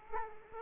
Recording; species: mosquito wingbeat signal from an infrared sensor; Aedes aegypti